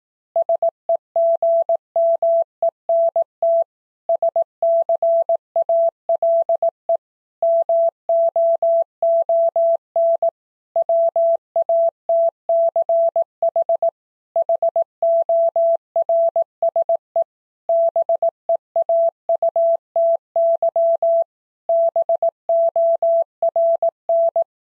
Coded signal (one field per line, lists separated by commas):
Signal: Morse code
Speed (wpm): 18 wpm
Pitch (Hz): 670 Hz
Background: none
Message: SEGMENT SCALE MOON WATCH HORSE BEAUTY BORN